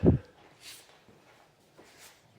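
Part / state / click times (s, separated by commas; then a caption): wiring harness connector onto throttle body/sensor / not seated / none. A wiring harness connector is held clip side up and lined up with the throttle body sensor during a throttle body repair on a 2009 Malibu 2.4L Ecotec, before it is pushed home. A dull low thump opens the clip, followed by faint handling rustles and soft airy hisses around 0.7 s and 2.0 s. Nothing has seated or clicked yet.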